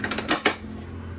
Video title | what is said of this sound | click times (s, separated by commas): 2023 Element 27 Motorhome built on the IVECO Daily 72C210 | push it with two hands, click into place, and | 0.5 s